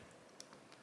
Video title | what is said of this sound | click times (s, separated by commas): G.I. JOE CLASSIFIED HASLAB - COBRA COMMANDER REVIEW | Of course, this pops right on the back. | 0.4 s